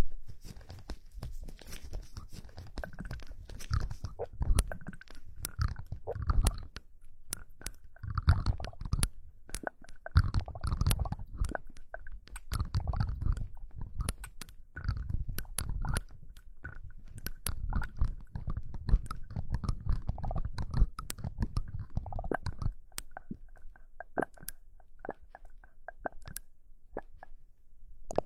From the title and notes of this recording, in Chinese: 姐姐温柔掏耳朵。